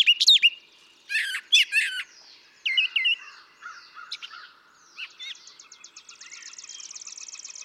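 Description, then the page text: Brown thrasher song: varied phrases, each usually doubled, mixing harsh chattering notes with clear whistled slurs, then a long buzzy trill near the end. Single male's long song sequence, part of three and a quarter hours recorded from him; repertoire estimated at about 1300 songs; imitates other species. "Birdsong for the Curious Naturalist. Brown thrasher"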